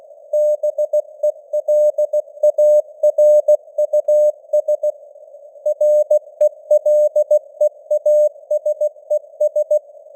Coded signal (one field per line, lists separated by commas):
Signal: Morse code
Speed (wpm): 16 wpm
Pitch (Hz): 600 Hz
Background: none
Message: BELARUS RELEASES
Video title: Morse Code News | 2025-12-15 | 16wpm